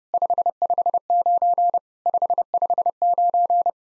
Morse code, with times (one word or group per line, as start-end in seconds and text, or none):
0.1-1.8 559
2.1-3.7 559